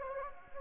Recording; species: mosquito wingbeat signal from an infrared sensor; Anopheles gambiae